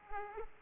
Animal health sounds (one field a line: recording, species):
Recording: mosquito wingbeat signal from an infrared sensor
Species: Aedes aegypti